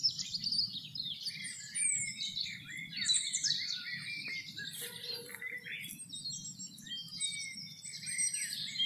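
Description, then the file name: Several birds chirp and warble together in a busy high-pitched chorus over a constant low background hum. "birds singing"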